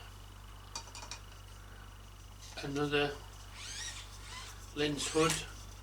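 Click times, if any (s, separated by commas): none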